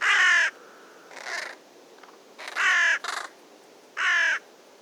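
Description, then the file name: Carrion crow calling with three loud rasping caws, interspersed with fainter caws. "Corvus corone"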